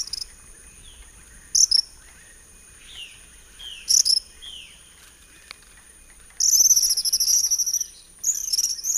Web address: Natures Songs S America Eastern Lowlands. Tyrannus melancholicus, calls